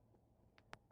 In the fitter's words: So, as this shifts, this will lock into place